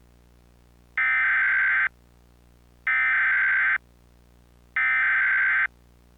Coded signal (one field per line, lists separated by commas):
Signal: Emergency Alert System (SAME) tones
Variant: header bursts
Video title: The Plaza Tower Collapse | EAS Mock #28